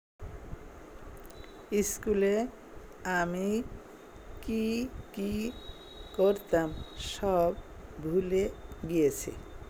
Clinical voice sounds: elicited speech; Bengali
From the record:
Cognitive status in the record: dementia

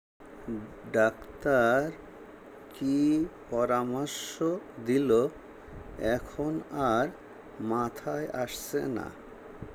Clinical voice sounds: elicited speech; Bengali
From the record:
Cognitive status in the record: dementia

